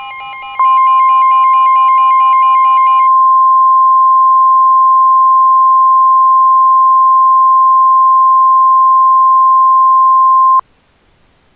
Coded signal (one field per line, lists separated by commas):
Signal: Emergency Alert System (SAME) tones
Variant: 1050 Hz attention tone